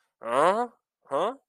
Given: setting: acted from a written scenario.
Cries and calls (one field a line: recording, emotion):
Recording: vocal sound without words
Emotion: confusion